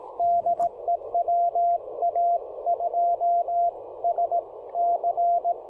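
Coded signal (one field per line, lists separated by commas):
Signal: Morse code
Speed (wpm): 18 wpm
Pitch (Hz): 690 Hz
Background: none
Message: DE WA2SC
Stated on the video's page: QRP Parks on the Air field activation using a Ten-Tec Argonaut V transceiver.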